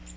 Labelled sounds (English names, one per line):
Magnolia Warbler flight call